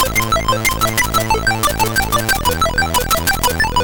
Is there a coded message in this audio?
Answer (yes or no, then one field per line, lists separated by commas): no